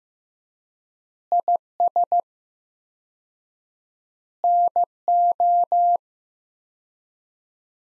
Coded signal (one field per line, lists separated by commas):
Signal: Morse code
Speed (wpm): 15 wpm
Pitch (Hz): 700 Hz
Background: none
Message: IS NO